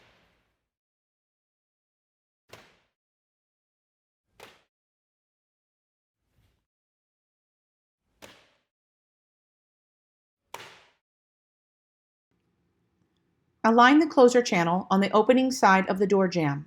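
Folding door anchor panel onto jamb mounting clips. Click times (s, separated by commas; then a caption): 2.5 s, 8.2 s, 10.5 s. A Homestyle Marquis folding door anchor panel is pressed onto each of the jamb mounting clips until it fully snaps into place, with sharp snaps at 2.5, 8.2 and 10.5 seconds among brief quiet taps. The panel is seated, and then someone talks from about 13.6 seconds to the end.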